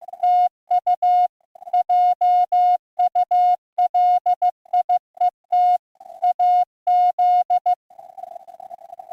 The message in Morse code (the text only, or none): TU JULIET AZ